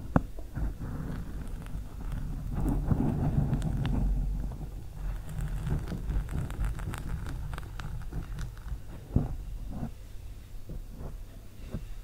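Long nails scratch slowly across a microphone, producing a low, rumbling rub with scattered sharp clicks and ticks throughout. The scraping swells into a thicker, denser patch around three to four seconds, and a louder snap stands out near nine seconds.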